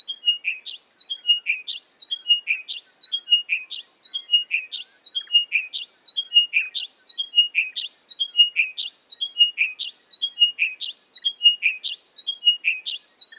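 Chiming wedgebill calling, a clear descending series of whistled notes repeated steadily and regularly throughout.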